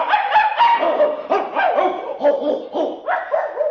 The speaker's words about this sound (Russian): Тут другой ему сказал: собак ты не уймешь от лаю, лишь пуще всю раздразнишь стаю.